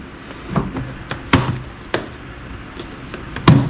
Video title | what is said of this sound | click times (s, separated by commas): How To Replace MAP Sensor On 2nd Gen Dodge Ram 1500 (Year 97 - 01) | it clicks into place | 3.5 s